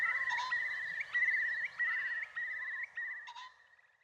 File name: Curlew